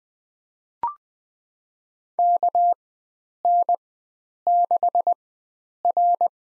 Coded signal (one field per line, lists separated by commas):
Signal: Morse code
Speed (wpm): 20 wpm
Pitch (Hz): 700 Hz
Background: none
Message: KN6R